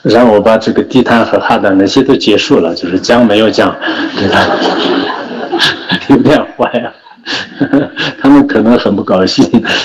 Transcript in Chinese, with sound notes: 然后我把这个地毯和哈达那些都接受了，讲没有讲给他们， （众笑、上师笑） 有点坏啊……他们可能很不高兴，